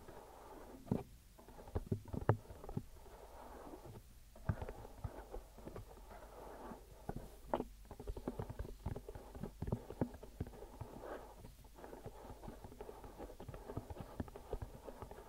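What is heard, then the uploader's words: Deep ear massage sounds: irregular soft thumps, clicks and taps land every half second or so, some sharper and louder, over a low, steady rubbing hiss. The touches come in uneven clusters throughout, with a faint hum running underneath. ASMR Deep Ear Massage for Sleep(No Talking).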